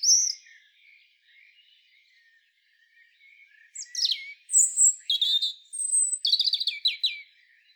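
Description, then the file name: European robin singing a short high note, then after a quiet stretch a lively phrase of shrill whistles, sliding notes and quick twittering trills. "Erithacus rubecula"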